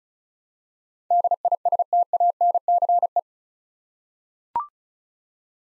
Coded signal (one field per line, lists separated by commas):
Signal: Morse code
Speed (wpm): 36 wpm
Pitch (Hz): 700 Hz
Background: none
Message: DISTANCE